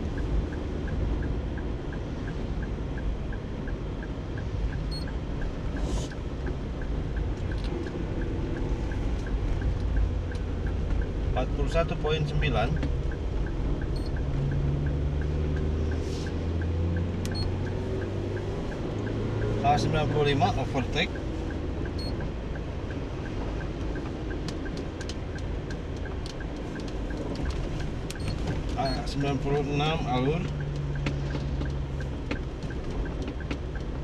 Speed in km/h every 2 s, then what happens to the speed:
45, 45, 45, 45, 45, 45, 47, 48, 48, 48, 48, 46, 45, 44, 43, 43, 39.
0-21 steady at about 45. 21-34 slows to 39.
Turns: none.